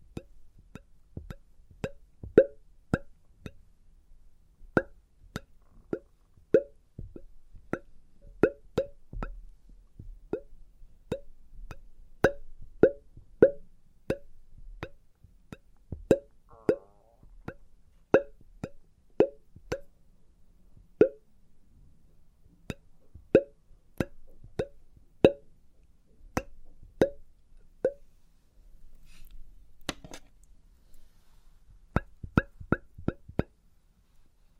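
Test tubes are tapped and clinked in a steady, unhurried run of sharp knocks, each with a short glassy ring at the same mid pitch, about one or two per second. Around seventeen seconds a faint wavering squeak slips in, and a soft low hum sits underneath.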